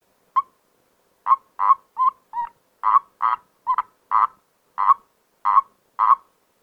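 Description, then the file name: Common toad calling with short, pulsed, croaking notes, about twelve in a loose, unevenly spaced series; nothing else audible. "Erdkröte"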